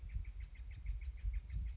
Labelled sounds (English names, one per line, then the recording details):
Steller's Jay
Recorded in Sonoma County, California